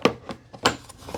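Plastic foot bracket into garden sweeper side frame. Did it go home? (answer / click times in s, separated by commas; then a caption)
yes / 0.0 s, 0.7 s. A plastic foot bracket with two small ears is pushed into the right side of a GreenSweep Pickup Pro garden sweeper frame. Sharp snaps ring out at 0.1 s and 0.7 s, with a softer knock in between. The foot bracket snaps into place and is seated.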